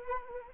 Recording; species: mosquito wingbeat signal from an infrared sensor; Anopheles arabiensis